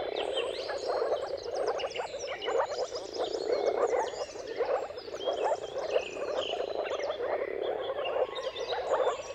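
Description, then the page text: Moor frogs calling together in a steady gurgling chorus of short low pulses, while several birds sing and chirp over the top. Chorus of mating calls of moor frogs at sunrise, at the turn of March and April depending on the weather, recorded by Jakub Orzecki. "Jakub-Orzecki moor frogs. Dawn’s Chorus: Mating Calls of Marsh Frogs at Sunrise. Depending on the weather at the turn of March and April, you can witness an amazing spectacle of moor frogs"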